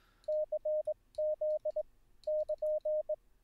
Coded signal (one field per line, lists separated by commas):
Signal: Morse code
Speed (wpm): 20 wpm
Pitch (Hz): 610 Hz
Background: none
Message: CZ <KN>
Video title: How To Learn Morse Code LIVE with N0SSC (Day 25)